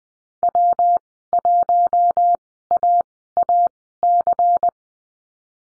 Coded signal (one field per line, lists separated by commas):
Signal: Morse code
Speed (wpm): 20 wpm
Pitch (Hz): 700 Hz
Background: none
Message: W1AAC